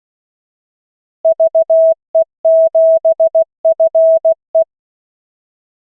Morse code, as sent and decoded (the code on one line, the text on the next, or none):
...- . --... ..-. .
VE7FE